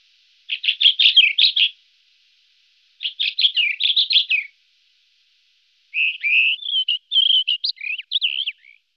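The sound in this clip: White-crowned wheatear song: two buzzy, rattling bursts followed by a longer phrase of varied whistled, twisting notes.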